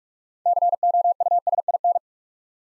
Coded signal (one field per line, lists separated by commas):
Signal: Morse code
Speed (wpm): 44 wpm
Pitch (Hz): 700 Hz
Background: none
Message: COUSIN